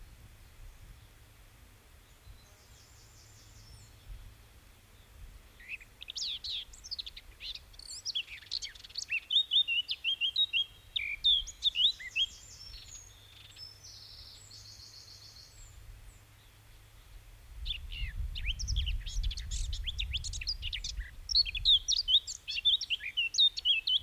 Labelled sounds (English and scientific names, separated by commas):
Eurasian Blackcap (Sylvia atricapilla) song